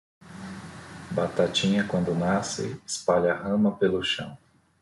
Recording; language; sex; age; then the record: short text; Brazilian Portuguese; male; 40 to 49 years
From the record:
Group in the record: control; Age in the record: 44 years